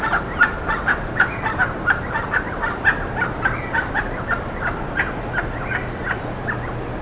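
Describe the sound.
Bird calls, short harsh notes at a fast, uneven pace throughout, with a faint steady low hum underneath.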